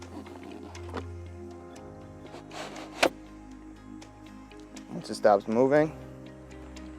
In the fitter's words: Once you hear these click into place, that's when you know it's tight enough.